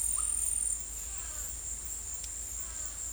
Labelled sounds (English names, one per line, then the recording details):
none
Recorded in secondary vegetation near Puerto Asís, Putumayo, Colombia, on 22 December 2024 at 14:00
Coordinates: 0.484, -76.319
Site GP06